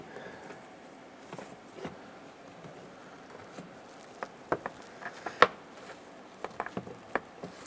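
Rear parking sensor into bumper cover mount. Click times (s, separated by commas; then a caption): 5.4 s. A rear parking sensor for a 2015-2020 Cadillac Escalade is pressed back into its mount in the plastic bumper cover, with a series of short, sharp ticks and snaps against quiet background noise. The loudest snap comes at 5.4 s, as the lock tabs pop into place and the sensor is seated and secured.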